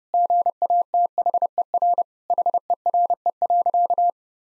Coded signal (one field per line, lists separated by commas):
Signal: Morse code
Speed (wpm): 32 wpm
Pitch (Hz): 700 Hz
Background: none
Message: GATHER HERE.